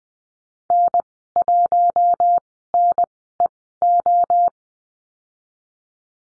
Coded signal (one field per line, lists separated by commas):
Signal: Morse code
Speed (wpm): 20 wpm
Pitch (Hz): 700 Hz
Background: none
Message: N1NEO